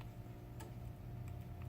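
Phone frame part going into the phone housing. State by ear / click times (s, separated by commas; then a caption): not seated / none. During a Motorola Droid Turbo 2 charge port repair, a phone frame part is pressed into the phone housing again after its screw has been loosened, giving faint ticks around 0.0, 0.6, 1.3 and 1.6 seconds over a steady low hum. Nothing has seated or clicked home yet.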